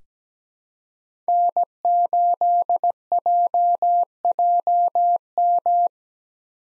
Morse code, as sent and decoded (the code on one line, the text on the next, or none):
-. ---.. .--- .--- --
N8JJM